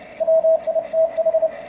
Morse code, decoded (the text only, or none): WITH